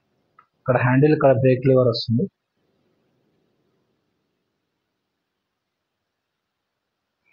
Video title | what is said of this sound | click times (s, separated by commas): bike brake lock unboxing meesho | ఇలా lock అవుతుంది. | 0.4 s